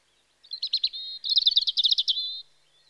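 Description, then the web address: European robin song: a quick burst of high thin trills and warbles around one pitch, a short pause, then a longer sparkling rattle ending in a sustained whistle. Spring. "BBC Sound Effects Library Birds Robin (Erithacus Rubecula) Spring"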